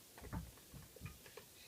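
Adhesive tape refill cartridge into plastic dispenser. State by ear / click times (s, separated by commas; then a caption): not seated / none. A Stampin' Seal Plus adhesive tape refill cartridge is pushed into a plastic dispenser, giving soft, low thuds and light ticking handling sounds, loudest near 0.3 and 1.1 seconds. The cartridge does not snap or click into place, though it ends up stuck in.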